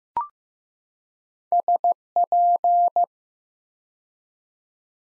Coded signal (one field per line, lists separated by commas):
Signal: Morse code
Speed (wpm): 15 wpm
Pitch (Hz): 700 Hz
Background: none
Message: SP